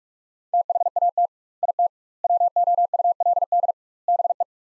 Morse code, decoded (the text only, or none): THAT IT WOULD BE